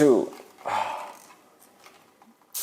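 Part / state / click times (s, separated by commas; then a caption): rotating ratchet joint in the base of a transformable model tank / seated / 2.6 s. Someone talks while the lower plastic rotation joint in the base of a transformable model tank is turned one more ratchet step. A loud click at 2.6 s marks the base ratchet joint seating in its third position, the base joint needing three clicks rather than the top one.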